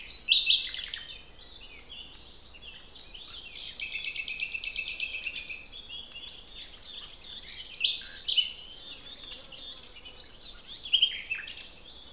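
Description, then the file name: Common nightingale song with varied phrases: sharp whistles and chirps, a long rapid buzzing trill lasting about two seconds, then more phrases. "Luscinia megarhynchos"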